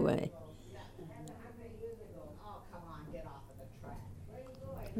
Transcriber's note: loud voices in the hallway